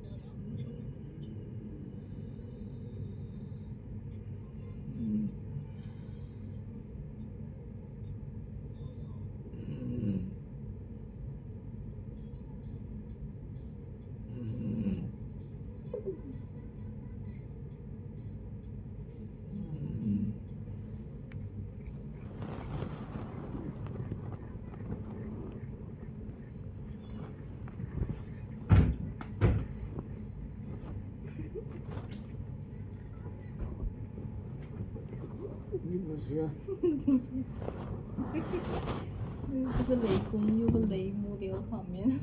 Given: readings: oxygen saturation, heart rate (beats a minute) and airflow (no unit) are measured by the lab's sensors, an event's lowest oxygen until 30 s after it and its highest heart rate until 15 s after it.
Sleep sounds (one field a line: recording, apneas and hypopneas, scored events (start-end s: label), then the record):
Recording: a person awake in a sleep study, by a smartphone at the bedside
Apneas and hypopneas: none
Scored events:
0.00-42.23 s: awake
0.00-42.23 s: awake
From the record:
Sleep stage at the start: awake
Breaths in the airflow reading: 16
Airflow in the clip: -0.6 to 0.6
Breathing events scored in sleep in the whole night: 496 in 5.4 hours asleep